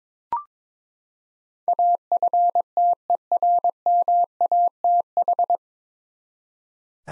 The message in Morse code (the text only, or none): AFTERMATH